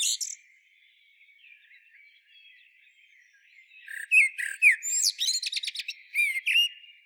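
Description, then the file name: Eurasian blackbird song: a brief high note, then after a pause a burst of mellow whistled notes running into squeaky, high twittering flourishes. "Turdus merula"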